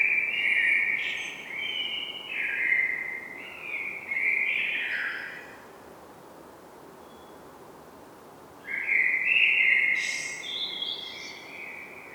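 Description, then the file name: Common blackbird song: a run of rich warbled notes with short breaks, a long silent stretch, then a fresh phrase topped by thin high squeaks. "Turdus merula"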